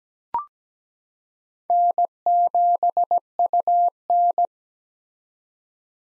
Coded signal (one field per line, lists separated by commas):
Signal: Morse code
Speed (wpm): 17 wpm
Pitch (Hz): 700 Hz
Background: none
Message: N7UN